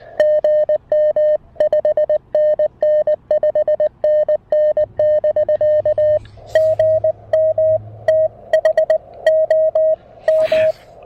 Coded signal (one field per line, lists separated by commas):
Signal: Morse code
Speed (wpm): 20 wpm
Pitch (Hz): 590 Hz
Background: none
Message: GM 5NN 5NN <BK> GM THOM